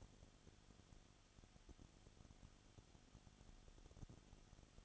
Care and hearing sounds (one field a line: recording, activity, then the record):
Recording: daily activity, microphone in the room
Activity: no activity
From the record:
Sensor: 4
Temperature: 22.7 degrees Celsius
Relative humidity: 31.8%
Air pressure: 995.4 hPa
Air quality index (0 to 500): 158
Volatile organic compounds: 2 ppm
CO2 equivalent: 1256 ppm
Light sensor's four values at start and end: 2/3/1/1 and 2/3/1/1